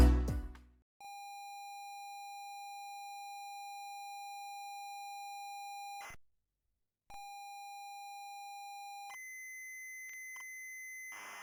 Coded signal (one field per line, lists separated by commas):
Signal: ZX Spectrum tape loading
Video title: ZX Spectrum MIA Preview / Episode 2 / Backup - Perrian Limited (also Follow Up + Backup Pot Pourri)